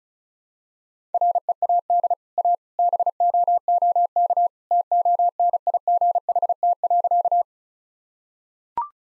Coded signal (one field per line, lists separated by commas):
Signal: Morse code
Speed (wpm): 36 wpm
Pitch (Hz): 700 Hz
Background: none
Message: READ A BOOK TONIGHT.